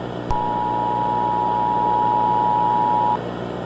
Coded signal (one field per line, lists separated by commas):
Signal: Emergency Alert System (SAME) tones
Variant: 853 and 960 Hz attention tone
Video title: EAS escenario | "The boiled one"